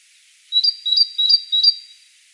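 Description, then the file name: Great tit giving four ringing two-note phrases in quick succession, each pair stepping upward, the final pair trailing off. "Parus major"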